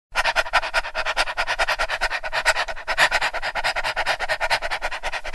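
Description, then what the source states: Dog panting hard, quick breathy pulses, loud and even from start to finish. Dog breathing heavily, panting.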